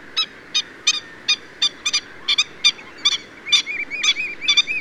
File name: black winged stilt